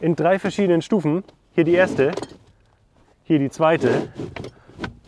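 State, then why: Not seated. Someone talks while the adjustable child-seat backrest in the cargo box of a 2023 Riese & Müller Packster 70 cargo bike is moved through its recline stages toward the third position, with a few faint handling sounds near the end. The backrest has not clicked into its detent or seated yet.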